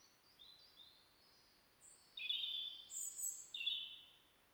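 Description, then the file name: European robin singing a series of high, pure notes at changing pitches. "Erithacus rubecula"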